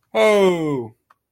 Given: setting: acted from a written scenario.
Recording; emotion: vocal sound without words; elation